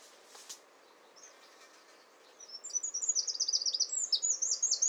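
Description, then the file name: Eurasian wren giving a rapid, very high-pitched run of sharp notes that starts abruptly midway and rattles on quickly to the end, after a faint note earlier. "Troglodytes troglodytes"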